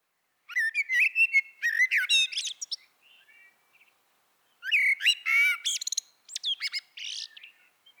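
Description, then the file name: Eurasian blackbird singing two long phrases of fluty warbles and rapid high-pitched twittering, with a few quiet notes between them. "Turdus merula"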